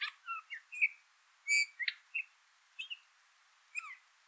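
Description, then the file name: Eurasian bullfinch uttering scattered short whistled and creaky notes, including one sustained pure piping whistle near the middle, with brief gaps between. "Pyrrhula pyrrhula"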